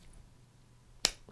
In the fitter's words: knife has excellent action you can just hear the snap the springs are very strong